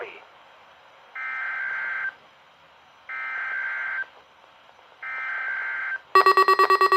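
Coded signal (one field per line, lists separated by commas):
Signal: Emergency Alert System (SAME) tones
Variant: header bursts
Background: speech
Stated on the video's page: Fictional, simulated alert scenario.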